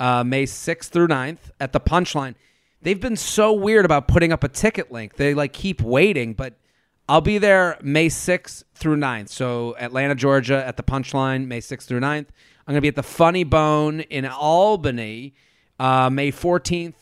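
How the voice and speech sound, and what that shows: A man speaks in a relaxed, fluent conversational voice at a moderate pitch, listing show dates and venues with brief natural pauses. Articulation is clear and voice quality is ordinary: normal adult speech in a quiet room.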